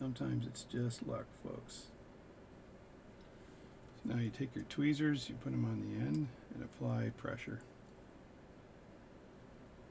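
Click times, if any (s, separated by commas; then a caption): none. Someone talks over quiet stretches while tweezers are placed on the barrel cap (lid) of a mainspring barrel from an 1800s vintage Illinois key-wound pocket watch and pressure is applied to snap it into the barrel. Nothing has seated or clicked yet.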